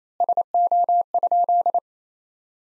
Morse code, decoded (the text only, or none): SO?